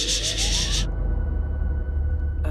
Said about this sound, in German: Was ist das für ein Donner? Krass. Gewitter, das muss Gewitter sein. Ja, genau, deswegen der Stromausfall. Da ist irgendwo der Blitz eingeschlagen.